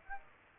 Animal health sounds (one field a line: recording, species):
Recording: mosquito wingbeat signal from an infrared sensor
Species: Aedes aegypti